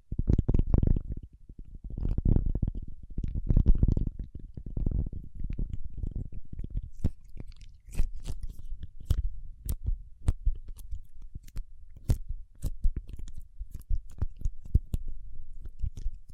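Paraffin wax being handled: the first six seconds carry low, muffled rubbing and peeling swells. After that, sharp crisp taps and clicks take over, arriving irregularly every half second or so, with soft scratching between them.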